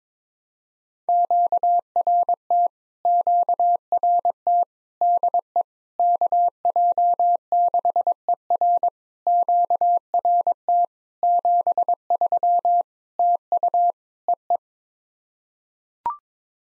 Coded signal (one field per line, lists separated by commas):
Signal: Morse code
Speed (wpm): 22 wpm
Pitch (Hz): 700 Hz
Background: none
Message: QRT QRT DE KJ6ER QRT 73 TU EE